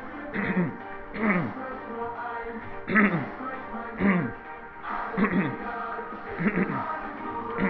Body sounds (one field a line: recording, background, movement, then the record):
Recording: throat clearing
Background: music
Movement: sitting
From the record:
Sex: male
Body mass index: 22.0 kg/m2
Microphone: on the chest, facing the body